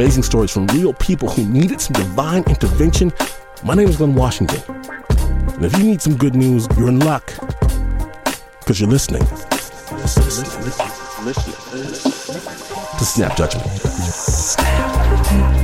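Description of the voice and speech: An adult male radio host speaks a fluent, energetic introduction to his show in a clear, mid-low voice over background music. Toward the end, the word 'listening' echoes several times as a production effect. Speech is typical, with no voice or articulation problem.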